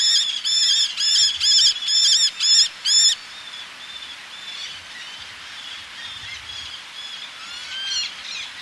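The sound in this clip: Eleonora's falcon calling in a loud burst of about eight rapid harsh notes, followed by fainter, thinner calls and a brief rising note against a quiet background.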